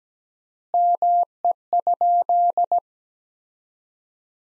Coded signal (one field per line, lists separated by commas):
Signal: Morse code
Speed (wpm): 17 wpm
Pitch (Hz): 700 Hz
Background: none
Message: ME?